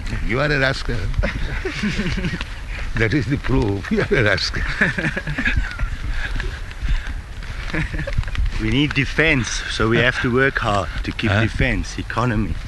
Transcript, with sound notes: You are a rascal. That is the proof you are a rascal. [laughter]
We need defense, so we have to work hard to keep defense, economy.